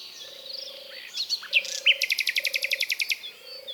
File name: British Library - European Nightingale(Luscinia megarhynchos)